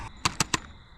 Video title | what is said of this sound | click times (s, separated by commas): 2024 October 10th Aurora Viewing | Got my Nikon Z6ii snapped in place. | 0.3 s, 0.4 s, 0.5 s